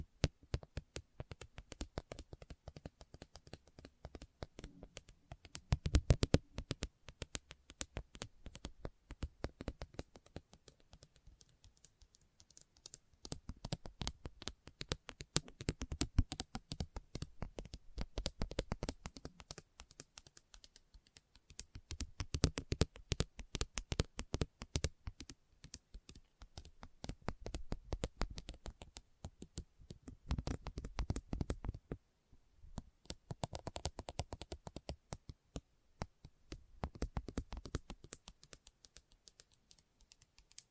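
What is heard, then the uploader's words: An assortment of holiday-themed triggers, with no talking: rapid, crisp tapping and clicking like fingernails on hard surfaces, arriving in dense bursts. Short quieter gaps fall near 12, 20 and 33 seconds, and a louder knock lands around 6 seconds. Christmas Trigger Assortment (No Talking).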